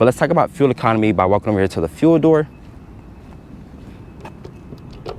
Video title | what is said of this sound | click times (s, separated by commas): 2022 Hyundai Sonata N-Line - A High-Power Family Hauler | i like the way that it has a nice satisfying click | 5.1 s